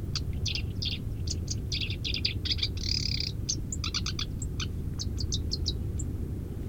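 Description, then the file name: Black-browed reed warbler song, fast scratchy chatter with a brief buzzy note and some clearer whistled notes, over a constant low background rumble. Recorded 5 May 2012 at Changle, Fujian, China. "Black Browed Reed Warbler Song 120505 Fujian Changle"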